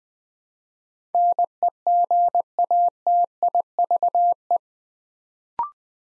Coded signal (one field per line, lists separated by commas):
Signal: Morse code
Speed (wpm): 20 wpm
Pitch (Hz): 700 Hz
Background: none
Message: NEGATIVE